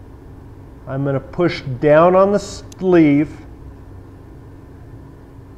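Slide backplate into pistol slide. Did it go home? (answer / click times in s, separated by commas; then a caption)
no / none. A man talks while the sleeve is pushed down and the aluminum backplate is lined up and slid toward place on a Springfield XDS pistol slide, over a steady low background hum. The backplate has not yet seated or clicked in this clip.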